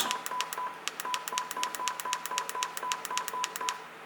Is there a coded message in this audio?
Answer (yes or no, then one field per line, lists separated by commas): no